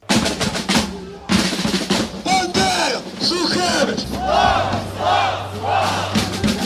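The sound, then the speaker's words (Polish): A crowd of over ten thousand marchers chants slogans in unison on the main streets of Kyiv at a march marking the 75th anniversary of the Ukrainian Insurgent Army, praising Roman Shukhevych and Stepan; loud massed voices rising and falling in rhythmic shouted bursts that continue without a break. “Krzyczano hasła sławiące historycznych przywódców ukraińskiego ruchu nacjonalistycznego Romana Szuchewycza i Stepana”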